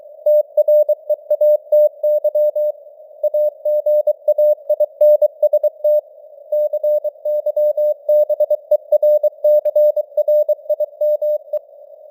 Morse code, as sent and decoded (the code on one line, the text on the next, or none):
- .-. . .- - -.-- / .- --. .- .. -. ... - / -.-. -.-- -... . .-. -.-. .-. .. -- .
TREATY AGAINST CYBERCRIME